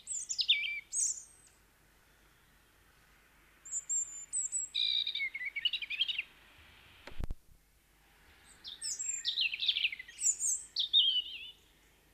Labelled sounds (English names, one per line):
European Robin song